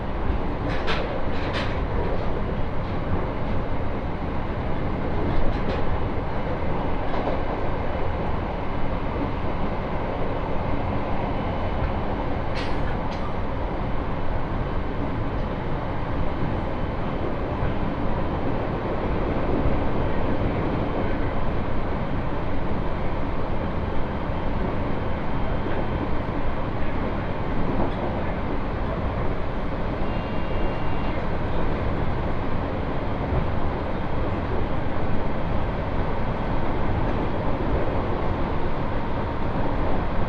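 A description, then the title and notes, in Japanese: Onboard a Tohoku Main Line train running down from Kitakami to Morioka, a steady, dense rumble of wheels and running noise fills the whole stretch without letting up. A few brief sharp clicks and squeals cut through early on, around the first seconds and near twelve seconds. 東北本線下り 北上→盛岡。701系4両編成。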